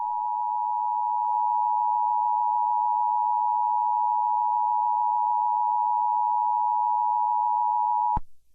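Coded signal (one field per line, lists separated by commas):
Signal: Emergency Alert System (SAME) tones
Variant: 853 and 960 Hz attention tone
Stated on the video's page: Fictional EAS scenario or mock, not a real alert.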